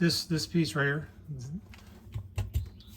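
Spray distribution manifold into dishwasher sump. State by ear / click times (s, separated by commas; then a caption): seated / 2.4 s. Someone talks while a plastic spray distribution manifold is pushed into the sump assembly of a Bosch 800 Series dishwasher during reassembly. A few short taps follow the talking, and the manifold snaps into place with the strongest hit at 2.4 s.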